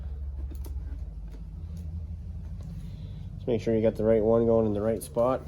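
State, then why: Not seated. Small light bulb sockets are fished up out of the front of a Yamaha Raptor ATV and lined up before being pushed into the headlight housing. A low rumble runs underneath faint handling ticks near 0.6 s and 1.8 s, then someone talks from about 3.5 s. Nothing has seated or clicked into place yet.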